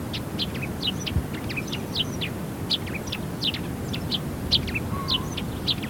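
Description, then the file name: Eurasian tree sparrow chirping, short high notes repeated rapidly and irregularly, over a steady low rumble of background noise. "Passera Mattugia"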